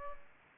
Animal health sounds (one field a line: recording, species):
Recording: mosquito wingbeat signal from an infrared sensor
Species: Aedes aegypti